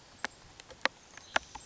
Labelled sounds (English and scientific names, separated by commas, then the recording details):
Oak Titmouse (Baeolophus inornatus)
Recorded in Sonoma County, California